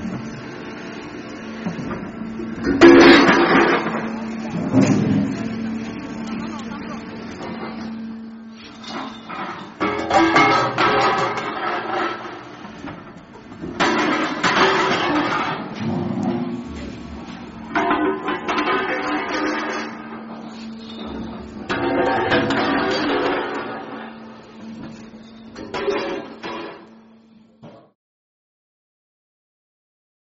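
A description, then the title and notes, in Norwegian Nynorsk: Thin metal sheets are crumpled by hand in repeated bursts of crackling, crinkling noise, with busy stretches around 3, 10, 14–16, 18–19 and 22–23 seconds and quieter rustling between. A steady low hum runs underneath, and everything stops abruptly near 28 seconds. Her nokre plater på eit par centimeter. Knuser metallplatene lett som berre det.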